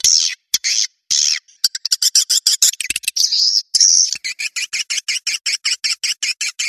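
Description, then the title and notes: Swiftlet calls: short buzzy bursts and one longer rasping note, then a quick, regular series of sharp high chirps toward the end. Sound used in swiftlet farming in Asia to attract birds. "Swiflet Bird Sound. Farming Swiflet Bird asia sound"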